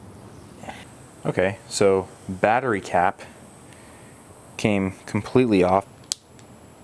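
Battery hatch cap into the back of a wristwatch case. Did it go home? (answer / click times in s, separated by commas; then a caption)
yes / 6.1 s. Someone talks as a battery hatch cap, knocked off the back of a plastic MoonSwatch wristwatch case by a drop test, is pressed back into the case by hand. A sharp snap at 6.1 s marks the cap seating back in place.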